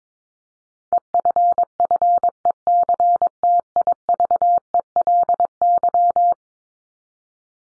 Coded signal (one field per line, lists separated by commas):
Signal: Morse code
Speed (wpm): 22 wpm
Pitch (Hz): 700 Hz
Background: none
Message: EFFECTIVELY